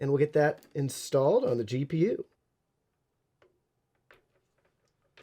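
Someone talks for about the first two seconds as a 600 W power cable connector is handled toward a graphics card's power socket. Faint, brief taps follow at about 3.4, 4.1 and 5.2 seconds. The connector has not seated or clicked in yet.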